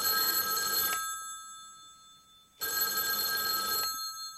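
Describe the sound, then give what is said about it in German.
A telephone bell rings in two long bursts, each about a second, separated by a pause of silence; the ring is bright, metallic and steady, with no voices. “Ohne diese ständigen Telefonanrufe.”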